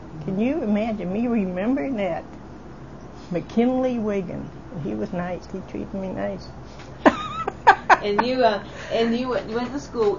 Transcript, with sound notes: Can you imagine me remembering that, McKinley Wiggin and he was nice. He treated me nice (laughing)
And you, went to school.